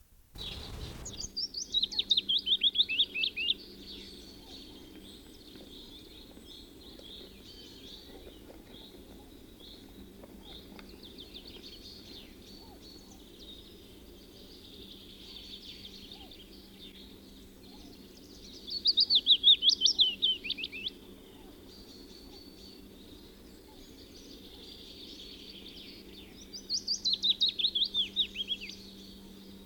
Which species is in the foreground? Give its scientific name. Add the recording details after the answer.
Phylloscopus trochilus. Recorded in the wild. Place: Schaabewald bei u. südl. Forsthaus Gelm, Insel Rügen, Mecklenburg-Vorpommern, DE. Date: 1969-04-26. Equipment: NAGRA III BH, Sennheiser MD21 mit Reflektor (d=75 cm, Glasfiber) und Stativ. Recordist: Schubert, Michael. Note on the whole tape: Gesang Fitis